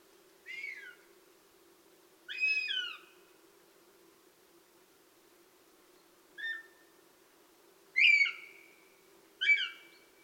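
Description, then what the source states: Northern Goshawk nestlings begging: five harsh, downslurred squealing calls at irregular intervals, some with a drawn-out level tail, over a faint steady low hum. Begging calls of nestlings in the nest, Tiveden National Park, 8 July 2011, 07:21.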